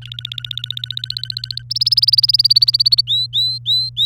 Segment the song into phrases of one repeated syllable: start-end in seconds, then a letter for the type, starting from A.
0.02-1.62 A, 1.70-3.01 B, 3.08-4.05 C